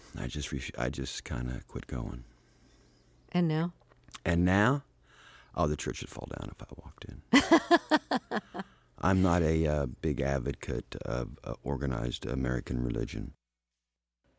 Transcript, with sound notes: I just kind of quit going.
And now?
And now - oh, the church would fall down if I walked in.
(Laughter).
I'm not a big advocate of organized American religion.